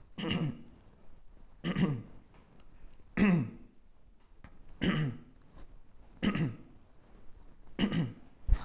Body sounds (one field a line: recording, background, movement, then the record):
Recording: throat clearing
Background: quiet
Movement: sitting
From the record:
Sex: male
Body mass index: 22.0 kg/m2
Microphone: on the chest, facing outward